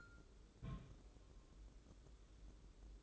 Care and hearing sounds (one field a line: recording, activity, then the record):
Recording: daily activity, microphone in the room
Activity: place on stove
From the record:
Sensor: 3